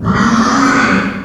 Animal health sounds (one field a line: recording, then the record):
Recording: squeal of a Yucatan mini pig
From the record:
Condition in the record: after surgery on the right vocal fold (resection and tissue-engineered implant)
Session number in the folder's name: 16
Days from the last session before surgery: 183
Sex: female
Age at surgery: 19 weeks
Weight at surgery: 25 kg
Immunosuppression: prednisolone